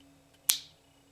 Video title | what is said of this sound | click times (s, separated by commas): Glock 23 Detailed Strip | Now what you need to hear, and listen, that click. If you hear that, you know you've installed it correctly. | 0.5 s